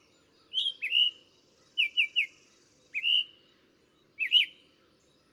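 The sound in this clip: Bird singing short bursts of swooping, twisting whistled notes with high clicks, four or five phrases, over faint low background noise.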